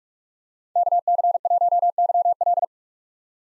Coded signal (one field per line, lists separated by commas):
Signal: Morse code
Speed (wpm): 41 wpm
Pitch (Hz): 700 Hz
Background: none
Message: KC1YL